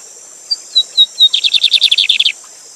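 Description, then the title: Lined seedeater song: four clear descending whistled notes, then a fast buzzy trill of about a dozen rapid notes, over a steady high hiss of falling water. Live singing with a waterfall; teacher bird whose song is used for tutoring other birds; song type called gavião negro. "Bigode Gavião Negro Professor De Canto Cantando Ao Vivo Com Cascata"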